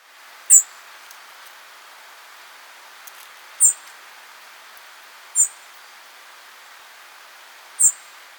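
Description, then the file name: European robin giving four very high, thin, short calls spaced a second or more apart over a faint hiss. "Erithacus rubecula"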